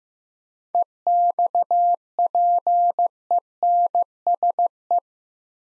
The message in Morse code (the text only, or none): EXPENSE